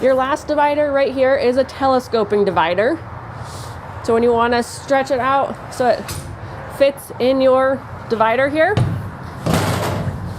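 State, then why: Seated. Someone talks about the last stall divider in a 2025 Logan Coach Bullseye 4 Horse Gooseneck trailer with a dual door front tack room, then pulls out the divider's telescoping extension so it stretches to fit. At 9.5 s the metal extension locks into its extended position with one sharp metallic clunk, seating in place.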